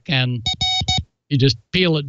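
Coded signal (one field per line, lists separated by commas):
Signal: none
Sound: background synth music notes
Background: speech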